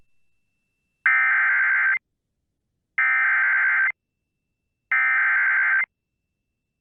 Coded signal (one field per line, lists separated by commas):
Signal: Emergency Alert System (SAME) tones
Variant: header bursts